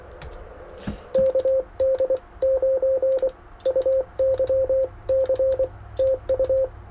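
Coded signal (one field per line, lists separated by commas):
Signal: Morse code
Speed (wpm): 24 wpm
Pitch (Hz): 510 Hz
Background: radio noise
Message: KD9UYC TU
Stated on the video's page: CW field activation testing a homebrew 40m quarter-wave vertical, contacts on 40m, plus 20m CW on an MFJ 2010 off-center dipole.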